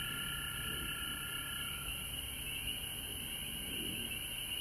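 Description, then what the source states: Massed frog calls form a continuous high trill, with a lower tone fading out after about two seconds. Recorded at home in Georgia on March 19, 2020.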